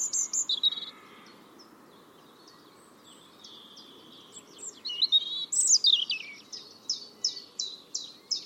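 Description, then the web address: European robin song: a high warbled phrase, a pause, then tinkling notes ending in a row of evenly repeated, high chips. "Deverinetal 2025 File origin Bird Only Er Ru"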